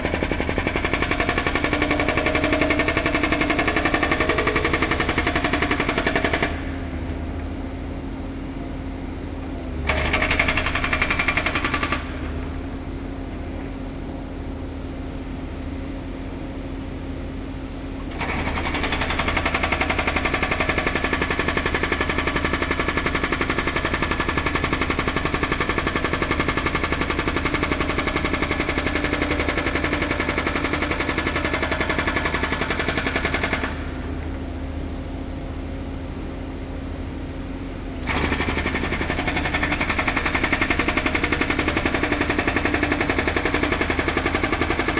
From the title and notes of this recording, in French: Travaux publics. Washington DC.